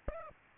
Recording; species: mosquito wingbeat signal from an infrared sensor; Aedes aegypti